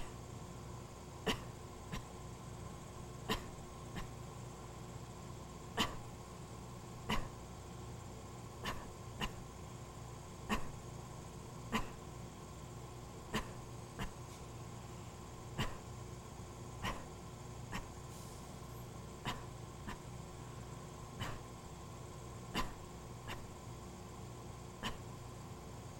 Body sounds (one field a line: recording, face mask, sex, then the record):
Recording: voluntary coughing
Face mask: surgical mask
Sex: female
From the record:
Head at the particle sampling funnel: turned sideways, cheek in front of it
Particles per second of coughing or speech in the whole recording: 0.104